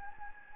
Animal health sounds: mosquito wingbeat signal from an infrared sensor; Anopheles gambiae

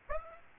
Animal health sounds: mosquito wingbeat signal from an infrared sensor; Aedes aegypti

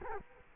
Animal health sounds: mosquito wingbeat signal from an infrared sensor; Culex quinquefasciatus

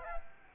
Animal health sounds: mosquito wingbeat signal from an infrared sensor; Culex quinquefasciatus

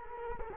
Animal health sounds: mosquito wingbeat signal from an infrared sensor; Culex quinquefasciatus

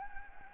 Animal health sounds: mosquito wingbeat signal from an infrared sensor; Anopheles gambiae

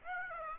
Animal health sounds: mosquito wingbeat signal from an infrared sensor; Aedes aegypti

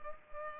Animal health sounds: mosquito wingbeat signal from an infrared sensor; Culex pipiens

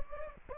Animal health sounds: mosquito wingbeat signal from an infrared sensor; Anopheles gambiae

